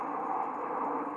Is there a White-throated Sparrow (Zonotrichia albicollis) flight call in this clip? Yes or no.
no